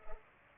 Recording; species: mosquito wingbeat signal from an infrared sensor; Culex pipiens